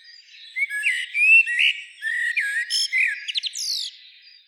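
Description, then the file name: Eurasian blackbird song, a short run of rich, low fluty notes that climbs into a scratchy, high-pitched flourish at the end. "Turdus merula"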